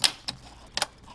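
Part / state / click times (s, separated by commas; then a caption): cap ring onto embroidery machine cap driver/station / seated / 0.0 s, 0.3 s, 0.8 s. A cap ring is pushed onto an embroidery machine's cap station, or cap driver, until each of its three notches clicks into place. Three sharp clicks sound at 0.0, 0.3 and 0.8 seconds, with a second quick snap right after the last one, and faint low hum between them. The ring is seated with all three notches snug.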